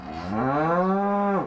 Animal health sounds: contact call of a hoofed animal; cattle; low-frequency (closed-mouth) or high-frequency (open-mouth) call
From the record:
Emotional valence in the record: negative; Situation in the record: full separation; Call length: 1.46 s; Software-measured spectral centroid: 1010 Hz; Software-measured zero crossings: 1400 a second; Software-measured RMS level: -24 dBFS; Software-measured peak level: -11 dBFS

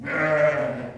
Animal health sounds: contact call of a hoofed animal; sheep; low-frequency (closed-mouth) or high-frequency (open-mouth) call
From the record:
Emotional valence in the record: negative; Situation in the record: short social isolation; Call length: 0.98 s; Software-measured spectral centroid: 1510 Hz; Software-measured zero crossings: 1670 a second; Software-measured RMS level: -23 dBFS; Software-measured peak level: -9 dBFS

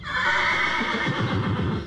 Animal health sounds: contact call of a hoofed animal; horse; whinny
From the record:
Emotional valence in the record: negative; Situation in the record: separation from one group member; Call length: 1.87 s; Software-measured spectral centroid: 1900 Hz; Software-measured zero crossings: 2540 a second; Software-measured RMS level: -24 dBFS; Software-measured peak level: -12 dBFS

